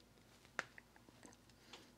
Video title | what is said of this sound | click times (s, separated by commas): HOW TO INSTALL a RACE CAR FUEL CELL! | it down locked into place | 0.6 s